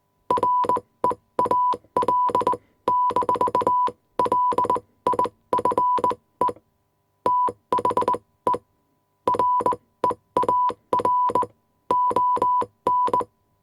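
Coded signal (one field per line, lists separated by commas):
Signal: Morse code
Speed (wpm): 20 wpm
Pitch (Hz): 990 Hz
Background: none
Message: REAL-LIFE THE REAR ON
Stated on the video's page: Morse code sound effect: 1 kHz tone with key sounds, 80 letters.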